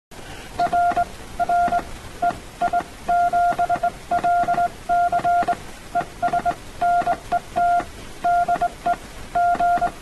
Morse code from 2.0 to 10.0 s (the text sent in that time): EI7LC ES NET DE G